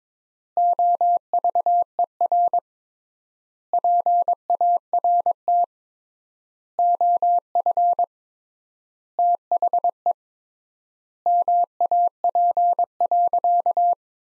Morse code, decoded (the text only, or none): OVER PART OF THE MAP.